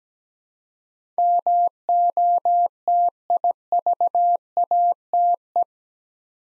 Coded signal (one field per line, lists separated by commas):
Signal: Morse code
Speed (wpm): 17 wpm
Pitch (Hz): 700 Hz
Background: none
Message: MOTIVATE